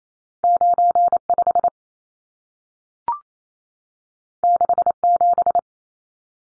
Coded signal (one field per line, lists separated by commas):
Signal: Morse code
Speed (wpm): 28 wpm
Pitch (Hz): 700 Hz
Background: none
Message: 95 67